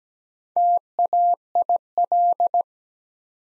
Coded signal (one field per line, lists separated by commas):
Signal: Morse code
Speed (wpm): 17 wpm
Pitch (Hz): 700 Hz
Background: none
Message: TAIL